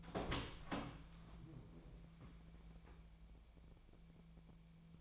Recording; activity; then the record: daily activity, microphone in the room; open door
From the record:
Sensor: 1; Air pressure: 1000.5 hPa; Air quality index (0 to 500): 184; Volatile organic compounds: 4 ppm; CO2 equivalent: 1700 ppm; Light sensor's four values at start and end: 12/28/11/13 and 12/28/12/13